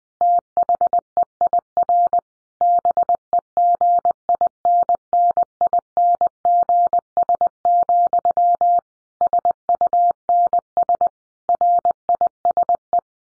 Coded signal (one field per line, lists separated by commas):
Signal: Morse code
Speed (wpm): 20 wpm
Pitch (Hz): 700 Hz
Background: none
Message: THEIR BEGINNINGS, SUNS RISE